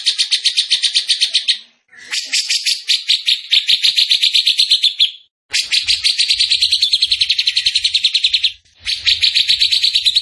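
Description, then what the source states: Bird song in long bursts of very fast, dry, rattling trills, each lasting a few seconds and separated by short silences. Masteran training recording of a bird singing energetically (gacor) in the tembakan style, Indonesia.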